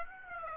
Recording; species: mosquito wingbeat signal from an infrared sensor; Aedes aegypti